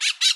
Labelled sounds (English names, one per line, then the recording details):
Brown-throated Parakeet contact call
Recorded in Bonaire
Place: just S of turnoff to Cai, near Lac Bay
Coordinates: 12.126, -68.239